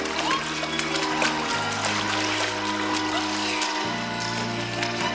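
Water splashing and sloshing in repeated bursts as a person dives and splashes in a lake, playing over a steady background of sustained, droning musical tones with no break.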